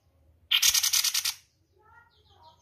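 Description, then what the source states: Spiderhunter with a single loud, buzzy rattle of several quick pulses, followed by faint high chirps. Long, clear, continuous singing, recorded as tutor audio for training other birds.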